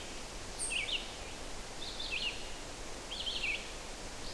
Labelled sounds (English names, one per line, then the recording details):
Red-eyed Vireo song
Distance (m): 45 m
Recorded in boreal forest in Alberta, Canada, on 12 June 2016 at 05:50
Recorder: SongMeter 3, array SBT-3-18
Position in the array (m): 241 m, 96 m